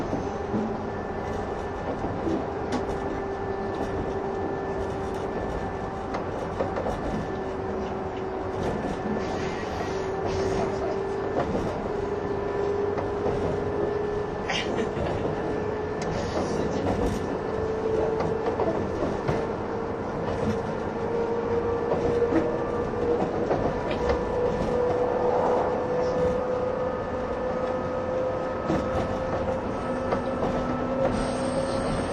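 Running sound from inside a 185 series train, the Odoriko No. 106, as it travels along the line. A steady, dense rumble of wheels and motor persists throughout, with a sustained tone slowly rising in pitch and scattered light rattles and clicks over the constant roar.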